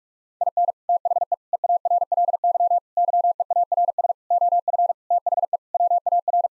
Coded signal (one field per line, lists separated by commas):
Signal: Morse code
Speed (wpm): 42 wpm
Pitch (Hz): 700 Hz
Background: none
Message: IN THE EARLY YEARS OF THE WAR